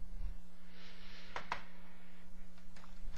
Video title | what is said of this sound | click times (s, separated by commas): Dell Inspiron N5030 Hard Drive Replacement (Classic Repair Guide) | hear it start snapping and feel it starts snapping | 1.4 s, 1.5 s